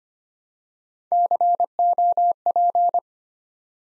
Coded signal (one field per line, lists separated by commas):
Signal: Morse code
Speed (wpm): 25 wpm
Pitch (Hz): 700 Hz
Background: none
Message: COP